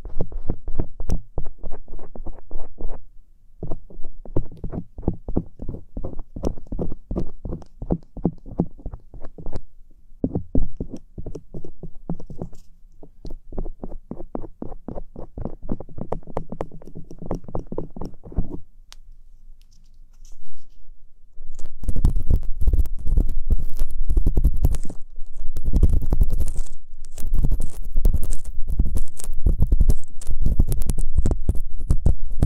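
Ear picking, with rapid, dense scratching and rubbing that stays muffled and low for the first eighteen seconds. After a brief near-silent pause around twenty seconds, the scraping comes back louder, harsher and brighter, continuing in quick, uneven strokes to the end.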